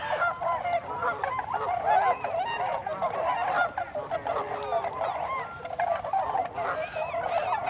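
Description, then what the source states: Tundra swans giving a steady babble of hooting, slightly wavering calls from many birds at once. Several tundra swans, recorded on 26 December 2020.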